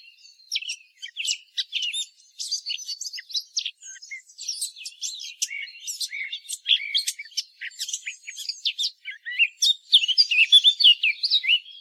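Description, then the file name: Eurasian blackcap singing a steady stream of clipped, chattering notes and high chirps, becoming denser and louder toward the end. "Sylvia atricapilla"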